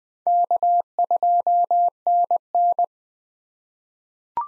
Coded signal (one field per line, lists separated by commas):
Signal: Morse code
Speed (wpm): 20 wpm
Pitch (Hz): 700 Hz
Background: none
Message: K2NN